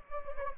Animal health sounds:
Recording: mosquito wingbeat signal from an infrared sensor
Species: Anopheles gambiae

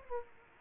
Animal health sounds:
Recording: mosquito wingbeat signal from an infrared sensor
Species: Aedes aegypti

